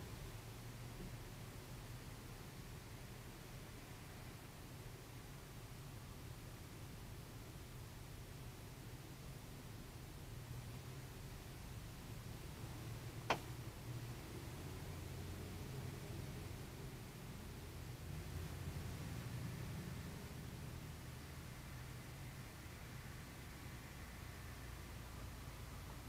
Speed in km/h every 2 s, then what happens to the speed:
0, 0, 0, 0, 0, 1, 1, 1, 0, 0, 0, 0, 0.
0-26 standing.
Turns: none.